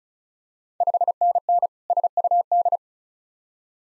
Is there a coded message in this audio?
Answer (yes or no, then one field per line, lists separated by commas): yes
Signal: Morse code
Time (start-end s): 0.8-2.8 s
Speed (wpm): 36 wpm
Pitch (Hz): 700 Hz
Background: none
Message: 5NN SUD